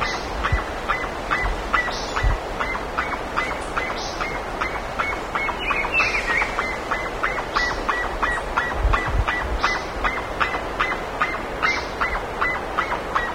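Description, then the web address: Bird calling in a fast regular series of short notes, with scattered higher squeaky calls and a short warble midway, amid steady background noise and low bumps. "BIRD 2015 SABIOD 50 bird 2015"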